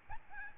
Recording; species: mosquito wingbeat signal from an infrared sensor; Aedes albopictus